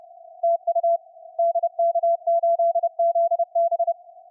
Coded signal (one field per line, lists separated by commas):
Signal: Morse code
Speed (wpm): 30 wpm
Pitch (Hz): 720 Hz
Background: none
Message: TU DK8ZB